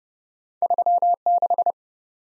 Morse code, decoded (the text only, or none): 36